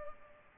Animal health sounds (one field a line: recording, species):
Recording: mosquito wingbeat signal from an infrared sensor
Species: Culex pipiens